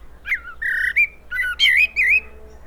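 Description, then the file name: Common blackbird producing a run of mellow, fluting whistles that waver and bend around a middle pitch, one after another with brief gaps. "Turdus merula"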